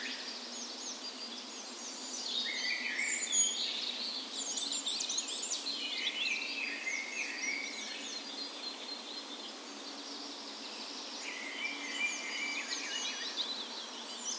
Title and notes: 17th Of May Dawn Chorus. Recorded on the morning of Norways National Day the 17th of May in a park west in Bergen